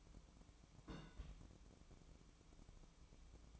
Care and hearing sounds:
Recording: daily activity, microphone in the room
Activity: place on stove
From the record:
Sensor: 1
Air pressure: 1008.0 hPa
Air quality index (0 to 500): 131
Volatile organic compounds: 2 ppm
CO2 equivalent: 1099 ppm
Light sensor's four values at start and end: 9/21/9/9 and 9/22/9/9

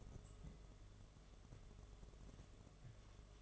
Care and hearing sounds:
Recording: daily activity, microphone in the room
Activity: take from stove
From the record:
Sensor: 4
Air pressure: 1011.2 hPa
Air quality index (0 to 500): 140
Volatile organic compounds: 3 ppm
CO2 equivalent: 1436 ppm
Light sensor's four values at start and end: 238/622/262/276 and 223/583/246/258

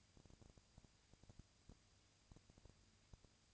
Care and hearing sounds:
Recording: daily activity, microphone in the room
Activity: no activity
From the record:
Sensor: 2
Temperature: 20.3 degrees Celsius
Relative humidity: 37.0%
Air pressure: 998.7 hPa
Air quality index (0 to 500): 236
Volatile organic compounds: 38 ppm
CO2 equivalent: 3116 ppm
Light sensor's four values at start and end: 2/3/2/2 and 2/3/2/2

